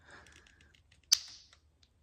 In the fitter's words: There. When you hear that click, it's good.